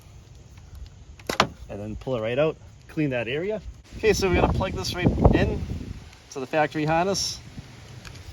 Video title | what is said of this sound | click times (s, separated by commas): How To Install Jeep Wrangler JK LED Tail Lights | line up your clips push it in they can hear it snap give it a tug all set | 8.1 s